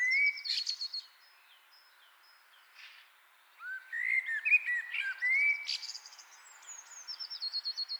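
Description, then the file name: Common blackbird singing, with a high twittered phrase ending, then a pause and a low warbled phrase that breaks into scratchy high notes. "Turdus merula"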